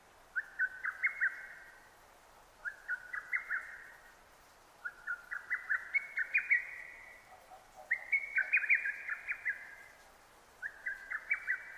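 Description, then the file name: Lesser cuckoo singing emphatic clipped phrases of rapid notes, given about every two to three seconds; background otherwise quiet. Recorded 6 June 2009; Japanese name hototogisu. "hototogisu-20090606"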